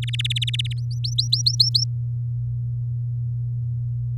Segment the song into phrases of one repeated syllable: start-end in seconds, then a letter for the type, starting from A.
0.02-0.73 A, 0.77-1.84 B